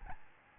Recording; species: mosquito wingbeat signal from an infrared sensor; Aedes albopictus